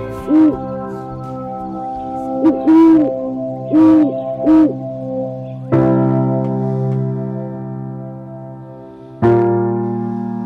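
Four or five short, swooping owl hoots ring out over a sustained, humming bell-like tone, followed by two louder resonant bell strikes that linger and fade, with no talking.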